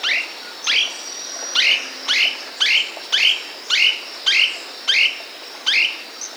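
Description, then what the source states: Slaty gnateater with a series of sharp, high, descending chirps, about two per second. South America.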